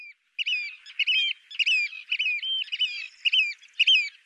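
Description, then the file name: Eurasian oystercatcher calling in a fast run of shrill, piercing kleep notes, about two per second. "scholekster"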